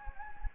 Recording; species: mosquito wingbeat signal from an infrared sensor; Anopheles gambiae